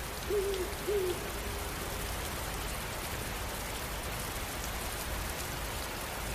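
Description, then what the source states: Owl hoots, two soft low hoots early on, half-buried under steady rain. Owls hooting gently in the distance at midnight, with rain falling on leaves.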